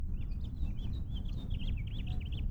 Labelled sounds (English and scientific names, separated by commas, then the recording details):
House Finch (Haemorhous mexicanus) song
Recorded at Oceanside on Long Island, New York, on 17 June 1975
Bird C